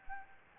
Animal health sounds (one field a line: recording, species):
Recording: mosquito wingbeat signal from an infrared sensor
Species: Anopheles gambiae